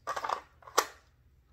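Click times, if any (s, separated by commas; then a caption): 0.8 s. A Taurus 709 slim pistol fitted with a Crimson Trace laser is pushed into a homemade kydex holster. A burst of scraping, rattling contact is followed by a sharp click at 0.8 s, and the pistol seats in the holster.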